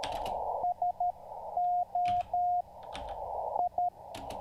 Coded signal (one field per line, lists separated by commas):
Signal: Morse code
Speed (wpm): 12 wpm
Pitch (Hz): 720 Hz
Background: radio noise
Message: SO I